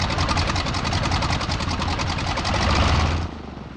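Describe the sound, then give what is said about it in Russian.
A propeller aircraft engine idles after landing with a fast, steady rhythmic chatter, loud and unbroken, then the pilot shuts the engine off near the end and the roar drops away into a fading rumble. “Севший рядом Титаренко глушит мотор”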